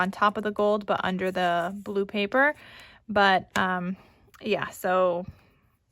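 A woman talks while handling the flap of a cardstock folio album whose 1/2-inch Total Element magnet closures sit on top of the gold but under the blue paper, with a brief soft rustle between her phrases around 2.6–3.0 seconds. Nothing has snapped shut or seated yet in this clip. The closure still works but gives only a faint, muffled snap because the magnets are under the paper.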